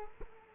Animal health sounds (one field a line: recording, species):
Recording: mosquito wingbeat signal from an infrared sensor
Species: Culex quinquefasciatus